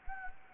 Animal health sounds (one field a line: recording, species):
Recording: mosquito wingbeat signal from an infrared sensor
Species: Anopheles gambiae